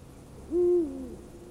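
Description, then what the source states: One low, booming eagle-owl hoot, held briefly before sliding a little lower and fading, in otherwise near-silent surroundings. Featured as the nature sound of the week, presented by Juha Laaksonen.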